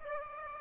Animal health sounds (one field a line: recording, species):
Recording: mosquito wingbeat signal from an infrared sensor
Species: Aedes aegypti